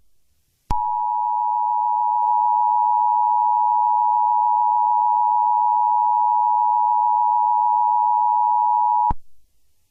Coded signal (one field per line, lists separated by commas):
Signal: Emergency Alert System (SAME) tones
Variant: 853 and 960 Hz attention tone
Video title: EAS Scenario: How Summer Turns Fiery